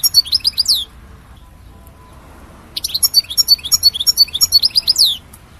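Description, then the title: European goldfinch singing a short high twitter, a pause of about two seconds, then a longer liquid phrase of rapid chirps and trills. "Chant Chardonneret"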